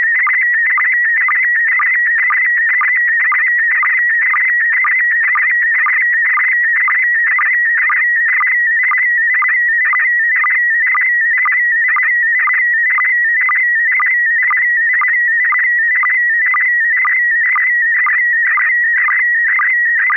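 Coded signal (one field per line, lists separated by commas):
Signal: SSTV (slow-scan television)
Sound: steady warbling tone near 2 kHz with rhythmic clicks about twice a second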